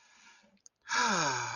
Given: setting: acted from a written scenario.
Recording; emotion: vocal sound without words; ecstasy